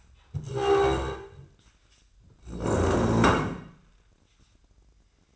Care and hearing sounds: daily activity, microphone in the room; stand up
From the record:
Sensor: 2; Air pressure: 1012.2 hPa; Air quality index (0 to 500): 164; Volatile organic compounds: 2 ppm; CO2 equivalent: 1204 ppm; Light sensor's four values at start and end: 47/118/51/57 and 69/157/73/90

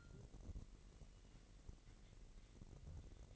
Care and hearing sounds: daily activity, microphone in the room; take from stove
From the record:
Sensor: 4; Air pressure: 1012.8 hPa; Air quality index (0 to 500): 237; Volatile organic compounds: 4 ppm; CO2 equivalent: 1580 ppm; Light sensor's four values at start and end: 28/67/27/27 and 28/66/27/27

